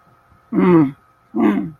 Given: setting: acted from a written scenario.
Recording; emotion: vocal sound without words; anger